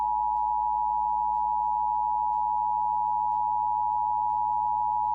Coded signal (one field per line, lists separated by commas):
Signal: Emergency Alert System (SAME) tones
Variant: 853 and 960 Hz attention tone